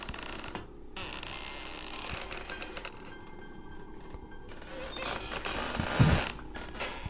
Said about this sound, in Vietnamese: Trước mắt của cô, bụi tre sau bếp vẫn cứ đưa qua đưa lại cót ca cót két.